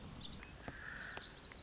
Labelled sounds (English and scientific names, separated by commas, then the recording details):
Lazuli Bunting (Passerina amoena)
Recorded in Sonoma County, California